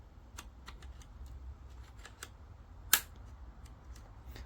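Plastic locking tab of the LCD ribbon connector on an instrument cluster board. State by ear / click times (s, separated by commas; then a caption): released / 2.9 s. The small black plastic locking tab on the LCD ribbon connector of an Alfa Romeo Giulietta instrument cluster board is pried up until it clicks. Faint light ticks are heard before a single sharp, loud click at 2.9 s, followed by more faint ticks. The tab is released open and the ribbon cable is now loose.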